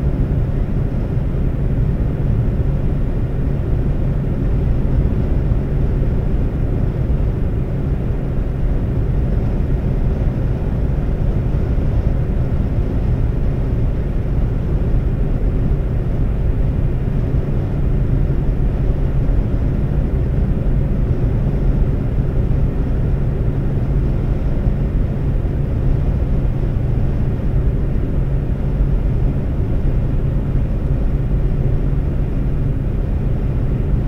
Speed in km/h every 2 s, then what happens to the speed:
129, 129, 129, 129, 129, 129, 129, 130, 130, 130, 130, 130, 130, 130, 130, 130, 130.
0-34 steady at about 130.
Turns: none.